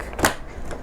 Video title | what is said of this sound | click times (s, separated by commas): Entry Level 2021 Gaming and Work From Home Rig l Step by step budget pc build para sa MASA!!! | and all you have to do is push it in so you will hear a click | 0.2 s